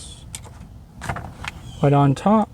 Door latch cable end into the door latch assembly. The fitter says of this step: shove it in until it clicks